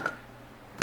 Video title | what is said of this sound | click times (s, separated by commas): The Work Sharp Guided Sharpening System | This just snaps right into place. | 0.8 s